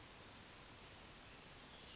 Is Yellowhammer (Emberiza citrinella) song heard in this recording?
no